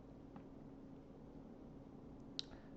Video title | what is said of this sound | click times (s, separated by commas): Mercedes Distronic Pro Retrofit Instructions for 2022+ Steerings | plug the yellow airbag connector back in making sure you hear it click in | 2.4 s